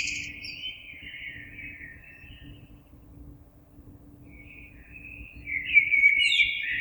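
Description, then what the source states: Common blackbird song, a long mellow warble that fades out, a short gap, then a louder fluting phrase. Recorded 26 April 2022.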